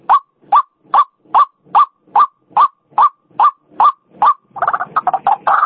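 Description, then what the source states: White-breasted waterhen giving a steady series of harsh notes, about two per second, breaking into a rapid jumbled chatter at the end. Female call, used as a lure sound.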